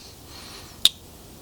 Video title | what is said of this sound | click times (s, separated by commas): Key fob battery replacement foord f150 | joints here and squeeze it in until you hear it click pretty simple there you have it | 0.8 s